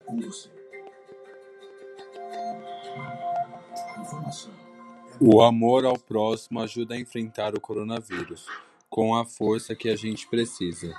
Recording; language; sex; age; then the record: spoken sentence; Brazilian Portuguese; male; 20 to 29 years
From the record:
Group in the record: control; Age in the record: 23 years